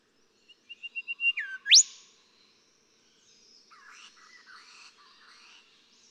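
Golden whistler song: a series of quick whistled notes gaining in volume, ending with a dip and a loud rising whip, followed by faint chattering.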